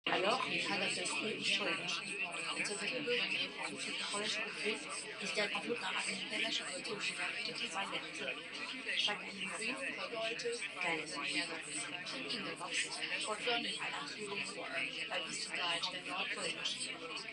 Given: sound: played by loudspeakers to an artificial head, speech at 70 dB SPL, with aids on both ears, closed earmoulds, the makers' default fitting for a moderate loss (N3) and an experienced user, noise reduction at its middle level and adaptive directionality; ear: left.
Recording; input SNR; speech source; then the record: speech test signal (ISTS) in cocktail-party noise; 0 dB; on the right (90 degrees)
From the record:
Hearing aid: class 2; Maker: I